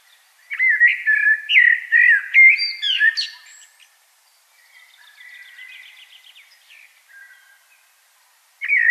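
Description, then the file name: Common blackbird with a loud fluted warble ending in a squeak, then a soft rapid twittering passage, and a new phrase starting at the end. "Turdus merula"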